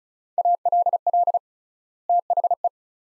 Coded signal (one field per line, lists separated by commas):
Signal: Morse code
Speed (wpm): 36 wpm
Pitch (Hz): 700 Hz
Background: none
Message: ALL THE